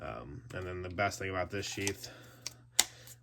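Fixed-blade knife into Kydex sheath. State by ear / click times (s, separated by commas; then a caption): seated / 2.8 s. Someone talks as a Gerber Strongman fixed-blade knife, with a metal striker and lanyard hold on the bottom of the handle, is pushed into its plastic Kydex sheath, which is set up for belt carry. A faint tick at about 2.5 s is followed by a sharp snap at 2.8 s as the knife seats and is held in the sheath.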